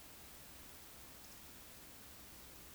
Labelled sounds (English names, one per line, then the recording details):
Eurasian Woodcock whistle
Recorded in Baden-Württemberg, Germany, on 16 June 2021 at 20:06 UTC
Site 20675, 466 m above sea level